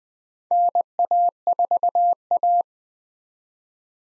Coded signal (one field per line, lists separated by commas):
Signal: Morse code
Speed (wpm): 20 wpm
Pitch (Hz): 700 Hz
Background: none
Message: NA4A